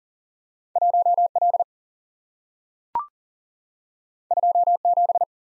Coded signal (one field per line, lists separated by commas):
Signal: Morse code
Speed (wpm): 40 wpm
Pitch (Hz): 700 Hz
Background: none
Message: 1L 27